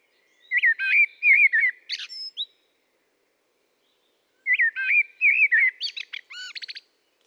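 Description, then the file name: Common blackbird song in two phrases: wavering fluted whistles running into a rapid, thin, high twitter, with a quiet pause of about two seconds between them. "Turdus merula"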